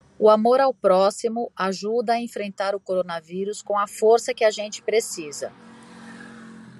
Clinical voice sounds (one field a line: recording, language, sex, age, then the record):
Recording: spoken sentence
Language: Brazilian Portuguese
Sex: female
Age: 50 to 59 years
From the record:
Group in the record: control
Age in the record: 53 years